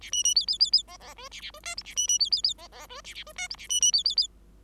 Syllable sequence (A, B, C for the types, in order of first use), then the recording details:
A B B C C C C D D E A A E F G A B B C C C D D E A A E F G A B B C C C. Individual Bird5